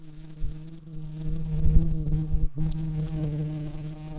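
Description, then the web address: Red-shanked carder bee buzzing with a steady low hum and strong overtones, broken by brief gaps and soft thumps. Queens. "bumblebees Ruderarius-queens"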